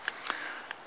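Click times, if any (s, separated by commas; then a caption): 0.1 s, 0.3 s, 0.7 s. The locking piece on an ESEE 5 knife's Kydex sheath is pulled all the way up to the top, and the retention lock snaps into place with sharp clicks at 0.1, 0.3 and 0.7 seconds. The knife is left seated snug and locked in the sheath, unable to come out.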